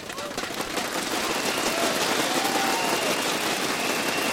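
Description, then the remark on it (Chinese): Dense, steady applause from a crowd at a People Power (人民力量) launch rally, thanking speaker Zhong Zukang, fills the whole clip at an even, fairly loud level, with a few raised voices cheering faintly through the clapping. “多谢钟祖康先生，我们全场再以一次最热烈的欢呼声感谢钟祖康先生，希望他在网上可以看到讲出一些真心说话。”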